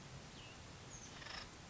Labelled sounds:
Acorn Woodpecker
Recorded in Sonoma County, California

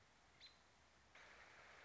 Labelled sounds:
American Robin
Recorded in Sonoma County, California

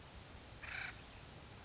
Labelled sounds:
Acorn Woodpecker
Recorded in Sonoma County, California

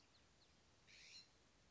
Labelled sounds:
California Scrub-Jay
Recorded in Sonoma County, California

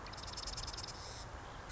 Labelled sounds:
Marsh Wren
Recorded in Sonoma County, California

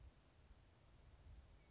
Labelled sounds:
Grasshopper Sparrow
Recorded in Sonoma County, California

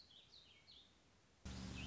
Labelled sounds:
Warbling Vireo
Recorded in Sonoma County, California

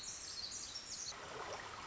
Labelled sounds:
Pacific Wren
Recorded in Sonoma County, California

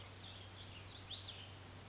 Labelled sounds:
Cassin's Vireo
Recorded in Sonoma County, California

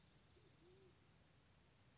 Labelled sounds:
Band-tailed Pigeon
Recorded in Sonoma County, California

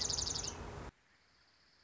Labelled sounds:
Dark-eyed Junco
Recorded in Sonoma County, California

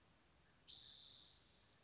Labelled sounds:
Spotted Towhee
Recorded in Sonoma County, California

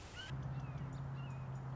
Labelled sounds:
Red-shouldered Hawk
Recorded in Sonoma County, California

